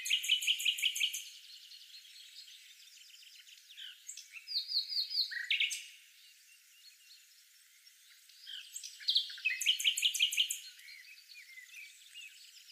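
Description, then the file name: Common nightingale singing loud phrases of rapid repeated notes, separated by quieter passages with soft background chirping. "Luscinia megarhynchos"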